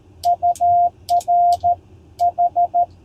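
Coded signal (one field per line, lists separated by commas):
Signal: Morse code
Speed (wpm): 14 wpm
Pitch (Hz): 700 Hz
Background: none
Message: UR H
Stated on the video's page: CW POTA activation from a state park with IC-703+, homebrew EFHW antenna and 3-D printed key, calling CQ.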